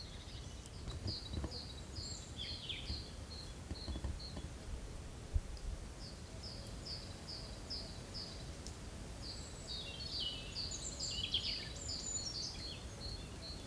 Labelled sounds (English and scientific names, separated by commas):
European Robin (Erithacus rubecula) song